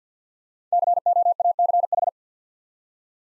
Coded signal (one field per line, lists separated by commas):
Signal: Morse code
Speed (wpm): 48 wpm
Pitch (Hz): 700 Hz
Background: none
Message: COACH